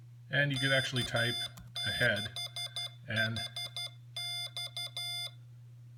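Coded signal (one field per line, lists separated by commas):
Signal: Morse code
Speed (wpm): 12 wpm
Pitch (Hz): 3500 Hz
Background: speech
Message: K6HX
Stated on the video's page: Prototype iambic keyer on Arduino using under 1K of flash, not yet hooked to a real key.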